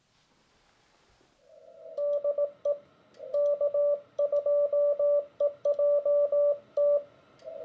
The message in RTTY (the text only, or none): none